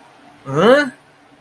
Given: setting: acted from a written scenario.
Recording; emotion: vocal sound without words; confusion